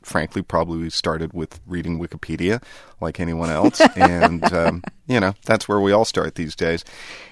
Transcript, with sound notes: Frankly, probably, we started with reading Wikipedia like anyone else...
(Laughter).
...And - you know, that's where we all start these days